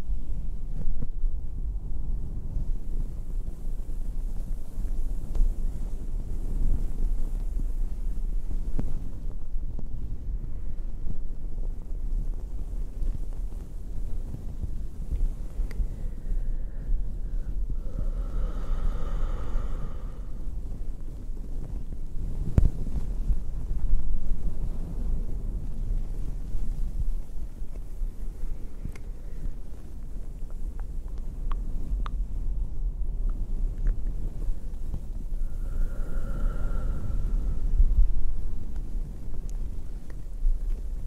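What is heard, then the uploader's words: Slow, gentle blanket rustling makes a steady, muffled, low bed the whole way through. Sharp tongue clicks pop out now and then, most clearly near 10 and 22 seconds, and brief brighter, crinkly swells rise around 19 and 37 seconds. Slow & gentle blanket sounds w tongue clicking and breathing - soft, crinkly.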